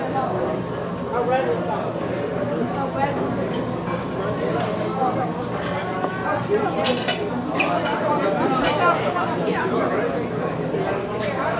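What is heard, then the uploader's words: Pizza parlor atmosphere: a steady, dense wash of overlapping voices fills the room without a break. Several speakers stand out, with brief bright clinks and clatters, likely dishes or utensils, around the middle and again near nine seconds. Pizza Parlor Atmosphere.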